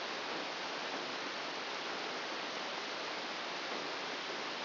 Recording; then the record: brain microelectrode recording played as sound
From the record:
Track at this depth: inside the subthalamic nucleus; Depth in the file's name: 0.456 mm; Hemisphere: left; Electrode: 1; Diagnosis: Parkinson's disease